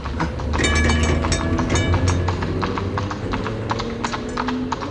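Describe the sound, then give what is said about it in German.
Horse hooves clip-clop in a steady, brisk rhythm as a horse-drawn carriage rolls along a street and overtakes a tram, over the low humming rumble and rattle of the tram on its rails. “Der Wagen überholte eine erste Straßenbahn, in der ein paar Leute im Arbeitsanzug saßen”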